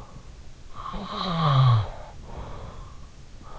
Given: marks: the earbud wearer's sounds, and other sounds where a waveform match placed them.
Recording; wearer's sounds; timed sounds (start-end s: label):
sounds in sleep by an in-ear microphone; snoring breath
0.64-3.04 s: snoring breath